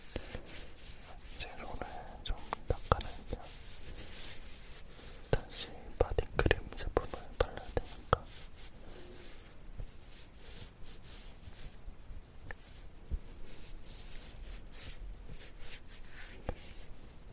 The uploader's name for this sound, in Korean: 바디크림 바르는 소리